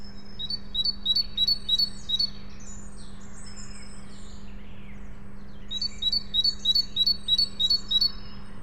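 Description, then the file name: Great tit giving two bursts of fast two-note phrases, about five pairs each, with softer bird sounds in the gap and a steady low hum. "Parus major"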